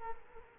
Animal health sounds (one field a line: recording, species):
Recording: mosquito wingbeat signal from an infrared sensor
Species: Culex quinquefasciatus